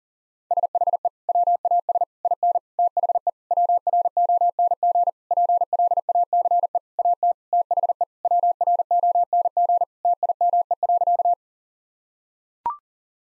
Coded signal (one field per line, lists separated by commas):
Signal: Morse code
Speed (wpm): 40 wpm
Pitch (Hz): 700 Hz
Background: none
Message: SHE WAS IN THE WRONG PLACE AT THE WRONG TIME.